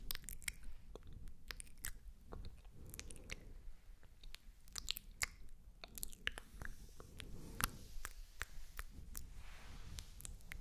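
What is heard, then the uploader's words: Wet mouth sounds mix with slick, oily hand sounds: sharp little clicks and smacks land irregularly, several per second, over a soft low rubbing and squishing that rises and falls throughout. A brighter crackly click stands out near the eight-second mark. MOUTH SOUNDS and OIL HAND SOUNDS ASMR.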